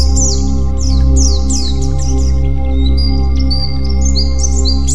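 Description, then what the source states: White-eye singing: a few quick downslurred chirps, then thin, level whistled notes, with a constant low hum underneath. 'Terapi' (therapy) recording of white-eye song.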